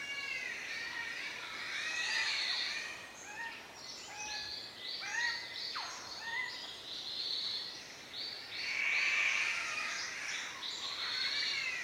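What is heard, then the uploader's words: Many birds call at once in the Daintree Rainforest, a dense, continuous chorus of chirps, whistles and short trills in the upper range. A sharp whip-like call cracks near six seconds, and a bright burst of song swells around nine seconds over a steady low hiss. The Daintree Rainforest in Queensland Australia.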